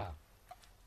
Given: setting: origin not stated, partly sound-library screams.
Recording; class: one-second piece from a danger detection set; normal situation